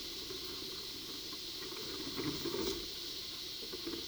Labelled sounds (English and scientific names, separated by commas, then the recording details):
none
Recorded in pastures near Puerto Asís, Putumayo, Colombia, on 21 February 2024 at 11:00
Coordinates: 0.497, -76.327
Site G7276